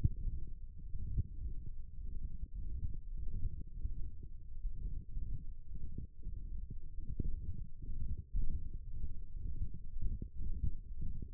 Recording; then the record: forearm muscle sounds (acoustic myography)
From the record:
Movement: wrist extension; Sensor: system 1, eight BSWA MPA416 microphones around the upper forearm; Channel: 2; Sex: male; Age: 23 years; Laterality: right